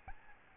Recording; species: mosquito wingbeat signal from an infrared sensor; Aedes albopictus